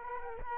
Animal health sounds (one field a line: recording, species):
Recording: mosquito wingbeat signal from an infrared sensor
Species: Culex quinquefasciatus